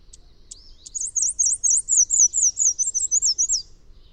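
Bird song: a few sharp high chips, then a fast run of bright, wavering whistled notes that drift gently downward over about three seconds.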